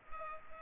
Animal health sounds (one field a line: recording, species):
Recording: mosquito wingbeat signal from an infrared sensor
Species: Culex pipiens